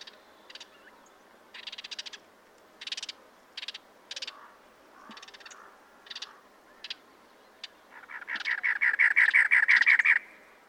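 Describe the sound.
Cactus wren: spaced dry, scratchy notes and pauses lead into a loud, fast chattering series of harsh chugs near the end.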